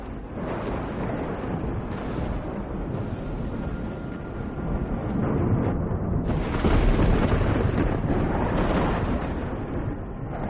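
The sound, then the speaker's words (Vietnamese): Deep, rolling thunder rumbles continuously after suddenly breaking out on a day of calm weather, a heavy low roar that swells louder in the second half before easing slightly, with no voices present. “Chả hiểu làm sao, thời tiết hôm ấy đang yên đang lành, tự nhiên nổi lên sấm động ầm ầm.”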